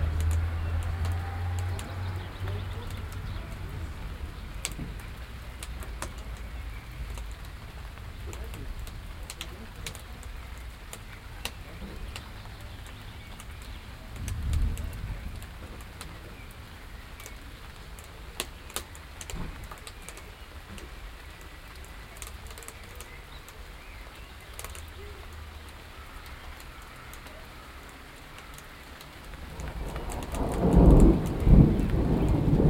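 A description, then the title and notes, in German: Thunder rumbles under a steady hiss of rain, with a low roll near the start and another swell around fifteen seconds. Sharp clicks and knocks scatter throughout, and near thirty seconds a louder rush builds, like a car passing, before fading. Gewitterstimmung. Ich sitze gerade auf dem Balkon. Es donnert. Autos fahren vorbei, Türen schletzen.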